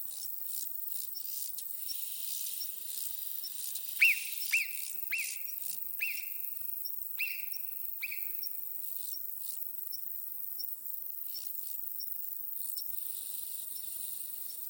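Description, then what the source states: Marmot whistles: a run of sharp, high, downward-sliding whistles in quick succession over a faint hiss. Recorded in Écrins National Park, France.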